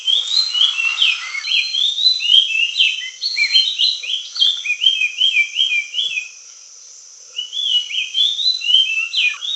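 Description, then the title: Oriental magpie-robin singing a loud, varied run of whistled and slurred notes in quick phrases, pausing about a second before resuming, over a steady high hiss. Singing loudly. "Kacer Gacor"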